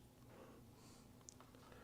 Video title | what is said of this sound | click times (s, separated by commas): iCrimp Closed Barrel Crimper, Deutsch Connector Crimping Tool Kit | that in till it clicks | 1.3 s